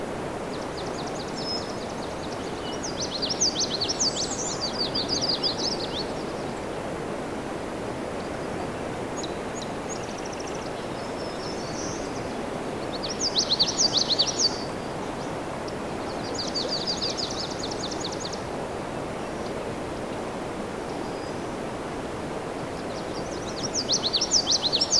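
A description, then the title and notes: Songbirds, warblers among them, sing in bright, high bursts of rapid trills and twitters, at roughly 2–6, 13–15, 16–19 and 23–25 seconds, with faint calls between. Beneath them runs a steady low rushing noise that never lets up. After two hours along Crane River, the birdsongs are still very intense. We’ll continue to listen to the migrant warblers and other songbird species, one last listen to the birds of Johnston Harbour.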